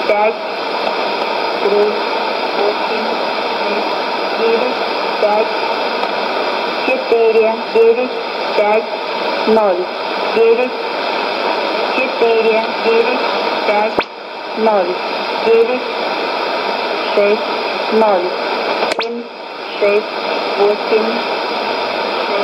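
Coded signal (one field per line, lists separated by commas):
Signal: numbers station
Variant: S06s, Russian female voice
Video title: 28 10 2019 S06s Russian Lady numbers station in Russian to Eu 1215 on 11460 unknown tx site USB+AM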